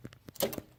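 On a 2013 Mustang GT, the old canister purge valve is worked free of its mounting clip on the engine with fingernails. A sharp click at 0.4 s, with lighter taps just before and after, marks the valve releasing and coming out of its mount.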